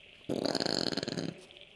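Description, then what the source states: Brush-tailed possum giving a single harsh, pulsed grunt lasting about one second, rough and throaty, then quiet background hum. Possums grunting, in the woods.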